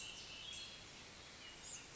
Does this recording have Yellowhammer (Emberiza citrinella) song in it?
no